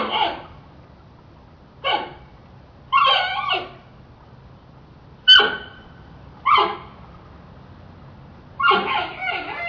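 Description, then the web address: Panda making short harmonic squeals and wavering cries, spaced irregularly a second or more apart, some drawn out and quavering. Squealing panda, described as trying to say something. "som de panda a tentar dizer algo a guinchar"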